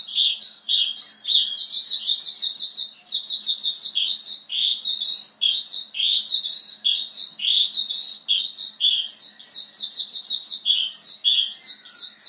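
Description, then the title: Javan bush lark song, a fast, continuous run of high chirps and trills in rapid bursts with brief pauses, sustained throughout without other sounds. "Suara Burung Branjangan"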